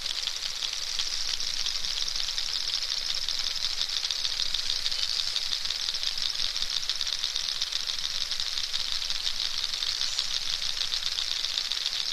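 Narwhal clicking, a dense, steady rattle of rapid pulses running throughout, strongest in a high hissy band, with no pauses.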